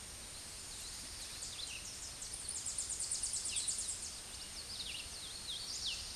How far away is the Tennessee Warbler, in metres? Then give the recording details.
about 35 m. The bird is about 20 m above the microphone. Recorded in a Pennsylvania forest on 16 May 2024 at 08:03. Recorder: AudioMoth, point MSD-0398. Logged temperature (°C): 16.4 °C. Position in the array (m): 141 m, 114 m